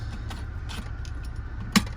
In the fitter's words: locks into place if you need to grab a drill these